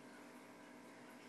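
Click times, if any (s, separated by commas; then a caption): none. A CVD axle with its drive pin is being handled into an RC hub, but the part has not seated or clicked yet. Only a steady broadband hiss is heard, with no distinct snap.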